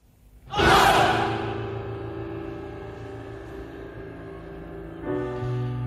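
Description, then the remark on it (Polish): A group of men lets out a loud, rough sailors' shout that opens a song, followed by held, droning vocal tones and a fresh swell of voices near the end. “A na razie jeszcze ten utwór od tego krzyku żeglarskiego, takiego zawołania.”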